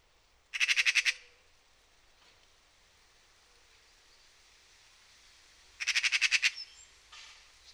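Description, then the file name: Eurasian magpie rattling chatter twice, two harsh bursts of rapid notes about five seconds apart, with a faint short call after the second and quiet background. "Pica pica"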